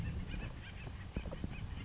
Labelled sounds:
Acorn Woodpecker (Melanerpes formicivorus)
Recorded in Sonoma County, California

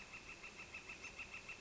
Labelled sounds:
Northern Flicker (Colaptes auratus)
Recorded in Sonoma County, California

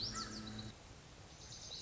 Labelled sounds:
Lazuli Bunting (Passerina amoena)
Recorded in Sonoma County, California

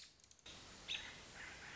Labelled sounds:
American Robin (Turdus migratorius)
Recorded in Sonoma County, California

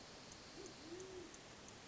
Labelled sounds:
Band-tailed Pigeon (Patagioenas fasciata)
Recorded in Sonoma County, California

